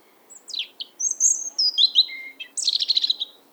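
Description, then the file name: European robin song: a varied phrase of thin high whistles and trills, sliding notes and a closing rapid twittering flourish, with no other clear sounds. "Erithacus rubecula"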